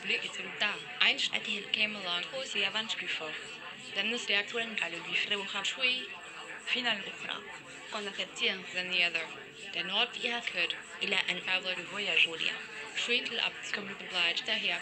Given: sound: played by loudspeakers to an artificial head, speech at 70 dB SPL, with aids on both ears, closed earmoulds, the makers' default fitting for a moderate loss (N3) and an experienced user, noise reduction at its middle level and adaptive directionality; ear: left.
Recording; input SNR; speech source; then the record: speech test signal (ISTS) in cocktail-party noise; -6 dB; in front (0 degrees)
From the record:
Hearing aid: class 1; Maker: I